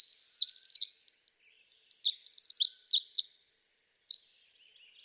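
Pacific Wren singing a fast, high-pitched jumble of buzzy trills and sparkling notes, ending in a quick rattling trill before stopping.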